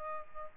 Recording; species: mosquito wingbeat signal from an infrared sensor; Aedes albopictus